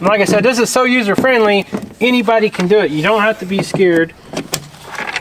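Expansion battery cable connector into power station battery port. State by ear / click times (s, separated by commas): seated / 4.5 s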